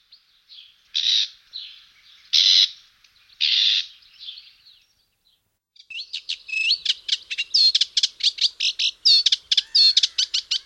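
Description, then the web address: Reed warbler giving three harsh, buzzy notes, a short pause, then a fast rhythmic chatter of clicking and whistled rising notes. "Rorsanger"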